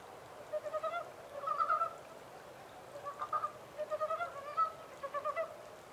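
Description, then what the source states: Japanese mountain brown frog calling in short runs of rapid, throaty pulsed notes, several bursts in quick succession with brief pauses between. Recorded 14 April 2010 at 03:17.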